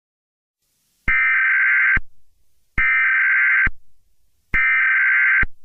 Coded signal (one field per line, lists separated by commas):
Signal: Emergency Alert System (SAME) tones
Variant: header bursts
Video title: EAS Scenario #16 | Weird Strict Dad (Part 2)